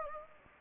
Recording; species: mosquito wingbeat signal from an infrared sensor; Anopheles gambiae